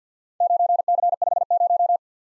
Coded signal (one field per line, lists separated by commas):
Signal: Morse code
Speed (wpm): 50 wpm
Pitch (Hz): 700 Hz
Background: none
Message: 9C50